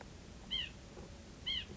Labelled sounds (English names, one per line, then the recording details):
White-breasted Nuthatch
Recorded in Sonoma County, California